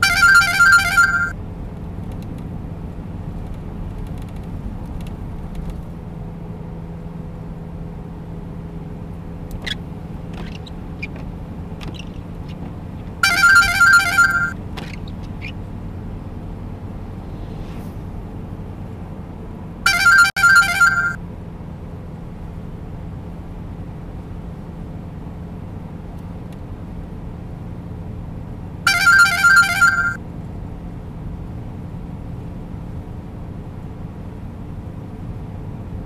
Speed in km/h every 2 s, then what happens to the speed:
94, 94, 92, 91, 93, 94, 94, 97, 97, 97, 93, 94, 94, 94, 94, 94, 94, 94.
0-36 steady at about 94.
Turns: none.